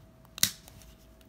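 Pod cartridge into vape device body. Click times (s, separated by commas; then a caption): 0.4 s. A plastic pod cartridge is pushed into the body of a Lost Vape Orion pod system with a DNA Go chip until its latch engages. Two sharp clicks land close together at about 0.4 s, the second louder, followed by a few faint ticks. The pod is seated and latched in the device.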